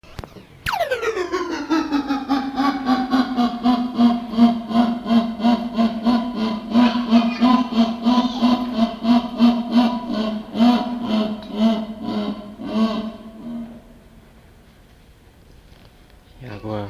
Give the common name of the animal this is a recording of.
Jaguar